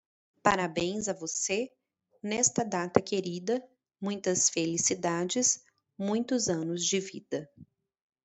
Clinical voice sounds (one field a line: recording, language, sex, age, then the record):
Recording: short text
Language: Brazilian Portuguese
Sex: female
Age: 30 to 39 years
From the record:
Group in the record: control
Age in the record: 39 years